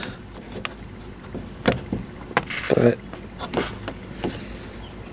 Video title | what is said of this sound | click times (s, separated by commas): '87-'91 Ford F150 Wing Window Replacement | pressing the button you hear it click and lock this one doesn't entirely do that | 0.6 s, 2.4 s